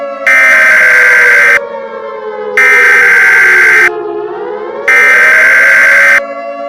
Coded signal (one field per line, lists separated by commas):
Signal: Emergency Alert System (SAME) tones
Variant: header bursts